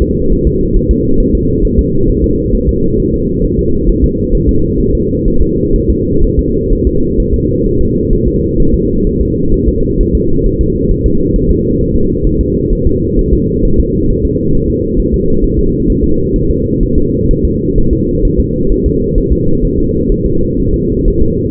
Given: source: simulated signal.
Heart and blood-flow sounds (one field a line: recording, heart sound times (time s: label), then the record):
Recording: fetal heart sounds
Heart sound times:
0.02 s: S2
0.32 s: S1
0.47 s: S2
0.77 s: S1
0.91 s: S2
1.20 s: S1
1.35 s: S2
1.65 s: S1
1.79 s: S2
2.09 s: S1
2.24 s: S2
2.55 s: S1
2.69 s: S2
3.00 s: S1
3.14 s: S2
3.45 s: S1
3.59 s: S2
3.89 s: S1
4.04 s: S2
4.34 s: S1
4.49 s: S2
4.81 s: S1
4.95 s: S2
5.28 s: S1
5.42 s: S2
5.76 s: S1
5.90 s: S2
6.24 s: S1
6.39 s: S2
6.73 s: S1
6.87 s: S2
7.20 s: S1
7.34 s: S2
7.66 s: S1
7.81 s: S2
8.13 s: S1
8.28 s: S2
8.60 s: S1
8.74 s: S2
9.07 s: S1
9.21 s: S2
9.54 s: S1
9.69 s: S2
10.01 s: S1
10.15 s: S2
10.46 s: S1
10.61 s: S2
10.91 s: S1
11.06 s: S2
11.36 s: S1
11.51 s: S2
11.81 s: S1
11.95 s: S2
12.27 s: S1
12.41 s: S2
12.73 s: S1
12.87 s: S2
13.19 s: S1
13.33 s: S2
13.65 s: S1
13.80 s: S2
14.10 s: S1
14.25 s: S2
14.55 s: S1
14.70 s: S2
15.00 s: S1
15.14 s: S2
15.44 s: S1
15.59 s: S2
15.90 s: S1
16.04 s: S2
16.36 s: S1
16.51 s: S2
16.83 s: S1
16.98 s: S2
17.31 s: S1
17.45 s: S2
17.78 s: S1
17.93 s: S2
18.25 s: S1
18.40 s: S2
18.72 s: S1
18.86 s: S2
19.18 s: S1
19.33 s: S2
19.65 s: S1
19.79 s: S2
20.12 s: S1
20.26 s: S2
20.59 s: S1
20.74 s: S2
21.08 s: S1
21.22 s: S2
From the record:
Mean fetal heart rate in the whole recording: 130 bpm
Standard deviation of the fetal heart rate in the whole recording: 4 bpm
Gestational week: 38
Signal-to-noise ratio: -16.4 dB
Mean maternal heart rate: 72 bpm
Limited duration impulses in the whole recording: present